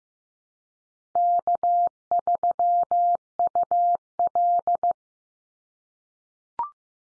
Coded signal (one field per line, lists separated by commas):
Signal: Morse code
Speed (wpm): 15 wpm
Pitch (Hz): 700 Hz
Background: none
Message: K3UL